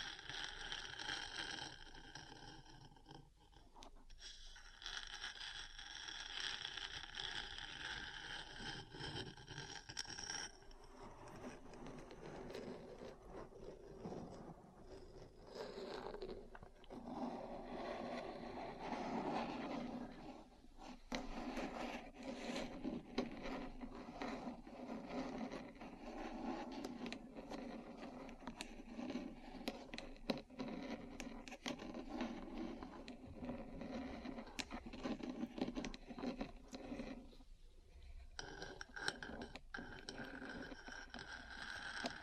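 Metal parts scratch and tap against each other in a dense, nearly unbroken grinding texture. The first ten seconds sound brighter and hissier, then the scraping turns lower and rougher, with brief pauses near 4, 20 and 38 seconds and scattered clicks throughout.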